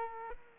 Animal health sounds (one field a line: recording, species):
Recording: mosquito wingbeat signal from an infrared sensor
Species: Aedes aegypti